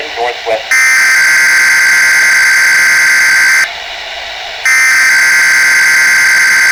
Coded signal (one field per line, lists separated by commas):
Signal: Emergency Alert System (SAME) tones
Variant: header bursts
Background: speech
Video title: (I'm back!) Required weekly test on June 12th 2024 (EAS#?)